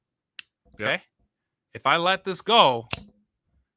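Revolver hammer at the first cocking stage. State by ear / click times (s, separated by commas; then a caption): partly seated / 0.4 s. A revolver's metal hammer is pulled back only to the first cocking stage, giving a single sharp click at 0.4 s. The cylinder rotates slightly but stops halfway and is not lined up, and it won't rotate any farther. Someone talks afterward.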